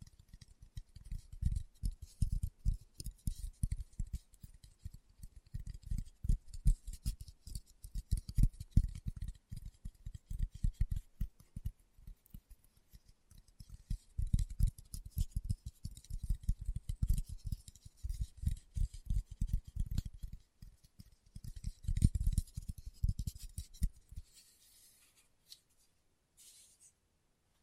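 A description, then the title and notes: Fingertips tap rapidly and unevenly on a surface, each tap a soft low thud with a light, crisp click on top. The flurries swell and ease in bursts, stay busy for about twenty-four seconds, then thin to a few scattered taps before stopping. ASMR Tapping with Fingertips (No Talking).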